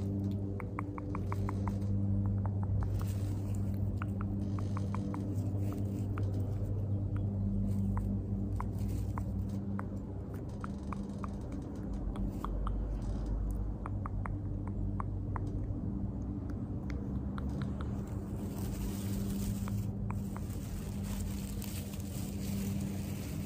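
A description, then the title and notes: Grass being played in a garden: rapid small ticks and rustling clicks scatter throughout, sometimes in quick clusters. A steady low hum runs underneath the whole time, and a brighter hiss swells briefly near the end. The garden (nature sounds, mouth sounds, grass playing).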